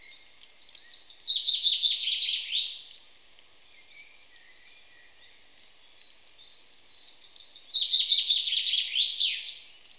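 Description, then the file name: Common chaffinch song delivered twice, each a lively run of repeated notes descending in steps before a brisk terminal flourish, with a quiet pause between the phrases. "Fringilla coelebs"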